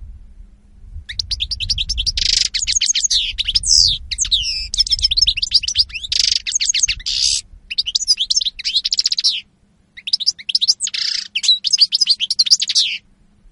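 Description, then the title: European goldfinch song, a long, rapid, liquid twitter mixed with nasal buzzy notes, broken by a few short pauses, with a steady faint low hum underneath. Spanish goldfinch lure call (reclamo). "Reclamo jilguero espaÑol"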